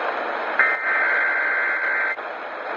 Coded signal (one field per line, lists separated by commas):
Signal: Emergency Alert System (SAME) tones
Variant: header bursts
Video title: KDKA Required Weekly Test (EAS#204) 2/28/21